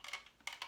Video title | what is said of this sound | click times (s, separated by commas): Transformer Siege Omega Supreme design review part 2 | a nice little click in place | 0.5 s